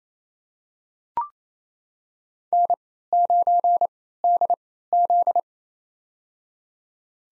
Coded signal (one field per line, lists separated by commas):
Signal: Morse code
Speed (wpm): 29 wpm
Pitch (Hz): 700 Hz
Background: none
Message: N9DZ